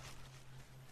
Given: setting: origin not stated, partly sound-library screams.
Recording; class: one-second piece from a danger detection set; normal situation